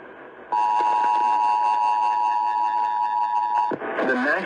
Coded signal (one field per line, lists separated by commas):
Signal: Emergency Alert System (SAME) tones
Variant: 853 and 960 Hz attention tone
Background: speech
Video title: YOU ARE ALSO OF ONE WARNINGS... EAS Alerts From 1/9/26 - 1/10/26 (EAS#5,080 - 5,090)